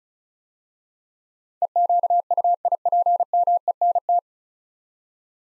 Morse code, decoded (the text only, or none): EQUIPMENT